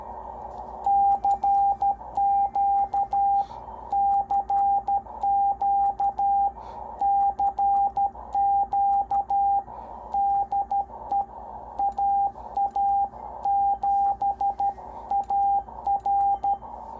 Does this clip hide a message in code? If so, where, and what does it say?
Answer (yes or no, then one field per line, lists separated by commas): yes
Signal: Morse code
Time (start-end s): 0.9-16.5 s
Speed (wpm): 13 wpm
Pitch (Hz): 800 Hz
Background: radio noise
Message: CQ CQ CQ DE AA7AR